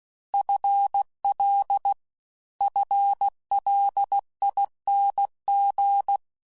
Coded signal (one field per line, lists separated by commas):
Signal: Morse code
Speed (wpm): 16 wpm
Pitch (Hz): 800 Hz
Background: none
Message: FL FLING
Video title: CW Methodologies and Sound Bites WA7RSO